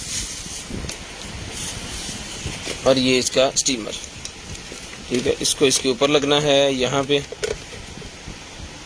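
A steamer attachment is handled and fitted onto the body of a kitchen appliance while someone talks, with a couple of brief knocks of handling near 0.9 s and 4.3 s. Nothing has seated or clicked yet; the clip ends just before the part goes home.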